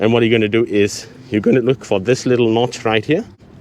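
A man talks while a replacement BMW air quality (AUC) sensor is handled and lined up by its small notch with its plastic retaining clip or bracket. Failure of this sensor could let fumes enter the cabin. Nothing has seated or clicked into place yet in this clip.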